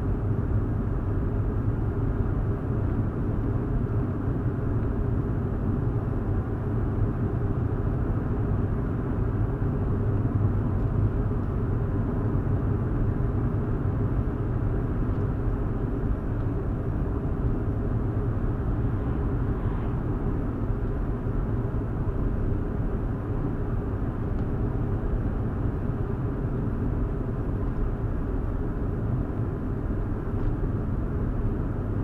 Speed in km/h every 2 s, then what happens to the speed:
71, 74, 76, 77, 79, 77, 77, 77, 74, 72, 72, 74, 74, 74, 71, 71.
0-7 speeds up to 79. 7-32 slows to 71.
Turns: none.